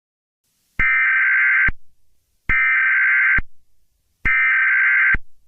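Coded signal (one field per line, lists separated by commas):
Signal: Emergency Alert System (SAME) tones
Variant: header bursts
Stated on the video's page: Simulated EAS scenario based on the game Garten of BanBan Chapter 1.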